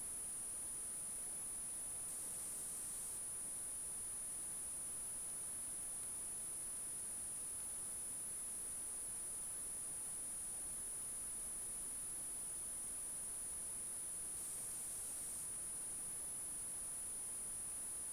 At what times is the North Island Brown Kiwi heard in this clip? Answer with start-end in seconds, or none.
none